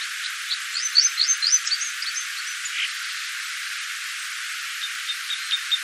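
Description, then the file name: Red crossbill calls: a quick series of thin, sharp chip notes, then a few softer scattered chips over steady hiss. "isuka"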